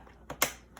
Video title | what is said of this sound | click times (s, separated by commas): My Computer System Custom Build | Okay, you hear that snap? It's in good. | 0.4 s